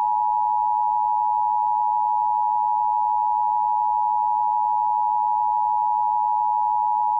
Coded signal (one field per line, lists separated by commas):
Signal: Emergency Alert System (SAME) tones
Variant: 853 and 960 Hz attention tone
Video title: EAS Winter Storm Warning